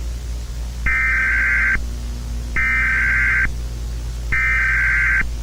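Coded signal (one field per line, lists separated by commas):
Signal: Emergency Alert System (SAME) tones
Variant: header bursts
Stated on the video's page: Fictional analog-horror EAS scenario presented as an old VHS tape.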